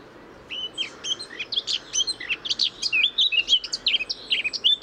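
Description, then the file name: Eurasian blackcap singing a rapid, rambling warble of scratchy and clear whistled notes, almost unbroken for over four seconds, over a faint steady background hiss. "Sylvia atricapilla"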